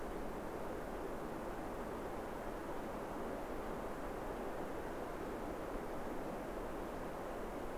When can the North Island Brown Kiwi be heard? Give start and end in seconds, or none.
none